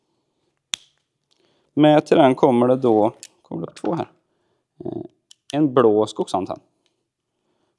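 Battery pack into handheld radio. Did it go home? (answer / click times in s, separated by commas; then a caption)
yes / 0.7 s. A spare battery pack is fitted into a handheld radio for when the power runs out, giving a single sharp snap at 0.7 s as it clicks in and seats. A few faint small ticks follow, then someone talks for the rest of the clip.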